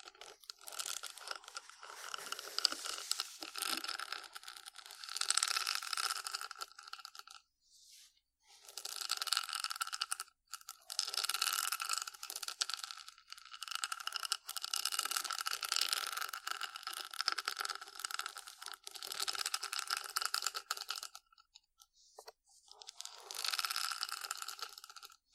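Dense, crackly scratching runs in bursts of several seconds, with short silent pauses near 8, 21 and 23 seconds, bright and crinkly throughout.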